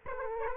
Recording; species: mosquito wingbeat signal from an infrared sensor; Aedes aegypti